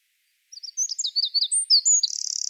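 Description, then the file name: Eurasian wren song opening: quick high chirps speeding into sharp notes, breaking into a fast buzzy trill at the end. "Troglodytes troglodytes"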